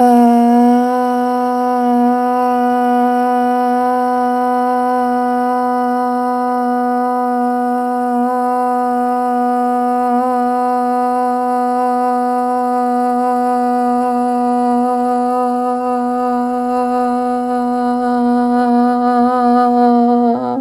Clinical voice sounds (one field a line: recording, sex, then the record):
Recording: sustained vowel /a/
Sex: female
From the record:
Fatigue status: no fatigue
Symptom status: symptomatic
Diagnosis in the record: COVID-19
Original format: m4a